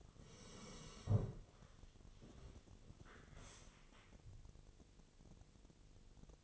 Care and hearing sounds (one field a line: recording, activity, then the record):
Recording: daily activity, microphone in the room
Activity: sit down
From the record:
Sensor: 4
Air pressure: 1001.2 hPa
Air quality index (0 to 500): 181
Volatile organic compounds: 2 ppm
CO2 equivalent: 1298 ppm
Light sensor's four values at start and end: 13/30/12/12 and 13/30/12/12